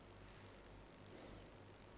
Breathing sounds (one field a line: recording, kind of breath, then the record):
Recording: one breath in and out by a microphone near the nose and mouth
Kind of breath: normal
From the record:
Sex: male